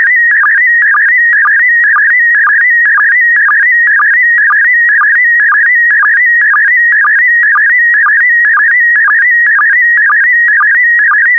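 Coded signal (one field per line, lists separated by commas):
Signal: SSTV (slow-scan television)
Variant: PD120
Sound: continuous warbling tone near 2 kHz with a short low blip twice a second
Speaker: complete. You can now check your decoded image against the picture that is shown on the video.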